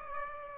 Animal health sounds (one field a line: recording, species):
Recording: mosquito wingbeat signal from an infrared sensor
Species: Aedes aegypti